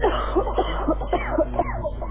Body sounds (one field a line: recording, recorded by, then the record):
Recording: voluntary cough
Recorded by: telephone call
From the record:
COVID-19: positive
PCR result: checked with the laboratory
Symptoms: yes